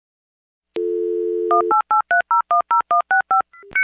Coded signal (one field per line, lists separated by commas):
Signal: DTMF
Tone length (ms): 120 ms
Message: 1883010165